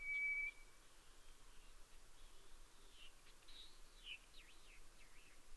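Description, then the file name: White's thrush whistle: one thin, steady, pure whistled note held for about half a second at the start, then only faint scattered squeaks over a quiet background. At night, 22:35, 11 June 2011. "toratugumi 20110611-2235"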